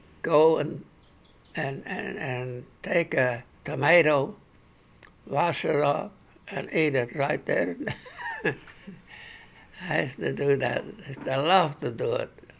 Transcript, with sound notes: go and take a tomato, wash it off, and eat it right there. (he laughs ) I used to do that. I loved to do it.